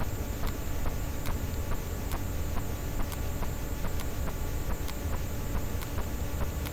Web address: Physeter Macrocephalus cachalot